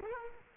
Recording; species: mosquito wingbeat signal from an infrared sensor; Culex quinquefasciatus